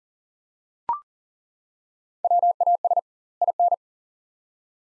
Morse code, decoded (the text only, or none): WAS IN